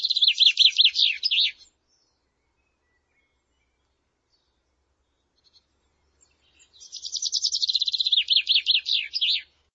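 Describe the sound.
Bird song: two phrases of fast, high, repeated notes, the second a long trill descending slightly and ending in slower downslurred notes, with silence between.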